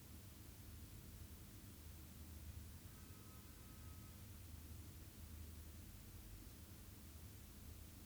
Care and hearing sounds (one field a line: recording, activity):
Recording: daily activity, guitar pickup as the sensor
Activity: stand